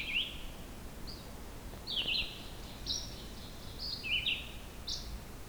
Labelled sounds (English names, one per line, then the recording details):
Red-eyed Vireo song
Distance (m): 25 m
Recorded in boreal forest in Alberta, Canada, on 16 June 2016 at 06:23
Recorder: SongMeter 3, array SBT-3-32
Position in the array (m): 44 m, 16 m